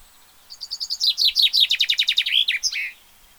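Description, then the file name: Common chaffinch song: a rapid series of repeated falling notes, ending in a brief sharper flourish. "Fringilla coelebs"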